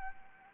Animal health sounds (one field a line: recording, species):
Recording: mosquito wingbeat signal from an infrared sensor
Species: Anopheles arabiensis